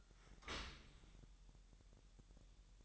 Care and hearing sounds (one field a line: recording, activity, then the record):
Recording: daily activity, microphone in the room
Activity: open dishwasher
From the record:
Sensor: 3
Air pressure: 1000.6 hPa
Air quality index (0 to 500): 248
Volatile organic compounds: 171 ppm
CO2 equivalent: 4111 ppm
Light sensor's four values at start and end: 11/26/10/10 and 11/26/10/10